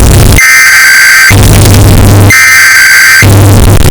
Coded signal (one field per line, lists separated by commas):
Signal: Emergency Alert System (SAME) tones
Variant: header bursts